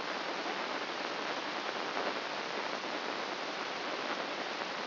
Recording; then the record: brain microelectrode recording played as sound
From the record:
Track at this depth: inside the subthalamic nucleus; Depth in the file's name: 2.84 mm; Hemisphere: right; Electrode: 2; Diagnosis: Parkinson's disease